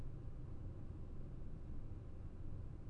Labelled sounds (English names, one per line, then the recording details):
none
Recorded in Germany
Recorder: ecoPi